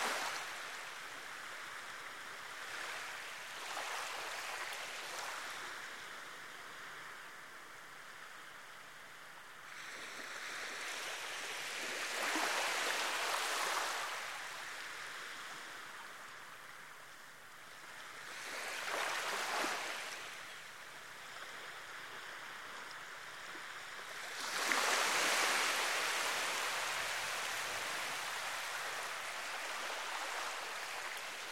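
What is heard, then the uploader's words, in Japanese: Natural outdoor water sound: a steady hiss of moving water, like surf or a rushing stream, with no break in the flow. Louder washes swell in around 11, 19 and 25 seconds and fade back, with a faint low rumble underneath. 朝昼晩それぞれの時間帯にあわせて喜田圭一郎さんがセレクトした屋久島・ニューカレドニア・西表島の自然音をお届けします。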